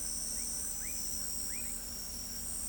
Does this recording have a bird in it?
no